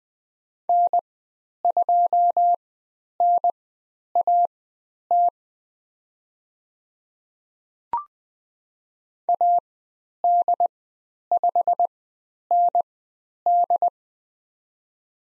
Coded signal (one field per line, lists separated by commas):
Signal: Morse code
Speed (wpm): 20 wpm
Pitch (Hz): 700 Hz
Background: none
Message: N2NAT AD5ND